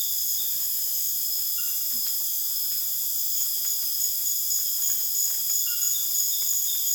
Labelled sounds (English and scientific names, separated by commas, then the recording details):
none
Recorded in dense forest near Puerto Asís, Putumayo, Colombia, on 24 June 2025 at 21:30
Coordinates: 0.484, -76.325
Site H65